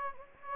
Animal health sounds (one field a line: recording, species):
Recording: mosquito wingbeat signal from an infrared sensor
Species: Anopheles gambiae